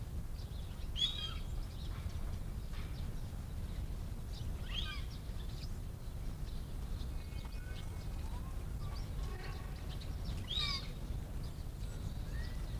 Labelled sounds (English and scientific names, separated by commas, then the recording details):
Chital (Axis axis) call
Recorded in captivity
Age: juvenile
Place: Zoo Berlin, Berlin, DE
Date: 1959-03-04 16:00
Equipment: Reporter (Vollspur)
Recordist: Tembrock, Günter